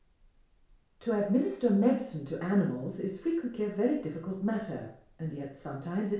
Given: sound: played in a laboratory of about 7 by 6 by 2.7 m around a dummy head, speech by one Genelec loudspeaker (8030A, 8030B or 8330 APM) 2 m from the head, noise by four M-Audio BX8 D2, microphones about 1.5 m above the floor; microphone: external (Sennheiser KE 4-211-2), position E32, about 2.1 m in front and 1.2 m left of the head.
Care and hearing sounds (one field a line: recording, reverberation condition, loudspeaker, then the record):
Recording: female speech in English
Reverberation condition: medium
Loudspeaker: in front (0 degrees)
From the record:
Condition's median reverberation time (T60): about 510 ms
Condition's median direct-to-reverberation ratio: about -0.5 dB